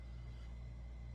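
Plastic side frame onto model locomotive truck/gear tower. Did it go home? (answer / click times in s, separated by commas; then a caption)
no / none. A plastic side frame is positioned on a model locomotive truck and lined up with the posts on the gear tower before being snapped down, with only faint handling noise over a steady low hum. Nothing has seated or clicked yet.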